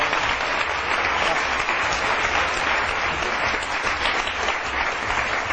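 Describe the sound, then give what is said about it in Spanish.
Sustained audience applause, a dense, steady roar of many hands clapping at an even level for the whole stretch, with no voices standing out. “Y podríais estar así 15 minutos, que no pasaría nada, ni lo editaríamos, lo dejaríamos el aplauso entero.”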